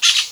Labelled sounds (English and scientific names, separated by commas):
Brown-throated Parakeet (Eupsittula pertinax) contact call